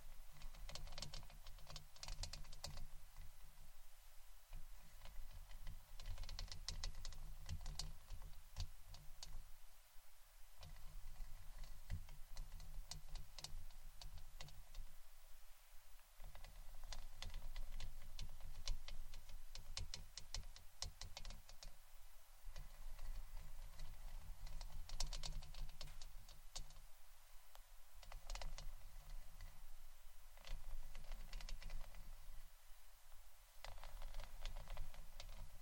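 Scratching and brushing strokes, a dense run of dry, bright rasps with short quick flicks in bursts and brief pauses every few seconds. A steady low hum runs underneath throughout, and the scratching level stays fairly even from start to finish.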